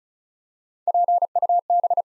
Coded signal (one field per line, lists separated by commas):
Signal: Morse code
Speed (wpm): 36 wpm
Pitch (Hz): 700 Hz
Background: none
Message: PUB